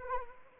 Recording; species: mosquito wingbeat signal from an infrared sensor; Anopheles arabiensis